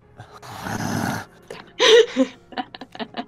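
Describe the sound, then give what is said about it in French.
A man lets out a long, rough, breathy growl, then a louder strained groan, trailing off into a few short grunting bursts, growling in frustration because he is fed up with being asked for yet another perception roll. “Il grogne tellement il en a marre des jets de perception.”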